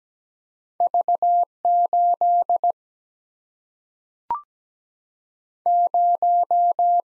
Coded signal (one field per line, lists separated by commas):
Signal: Morse code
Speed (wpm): 17 wpm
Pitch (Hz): 700 Hz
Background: none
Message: V 8 0